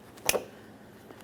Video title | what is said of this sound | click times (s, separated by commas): How to Replace HID Ballast Control Module 2007-2013 Acura MDX 3.7L V6 | an audible click a light tug | 0.3 s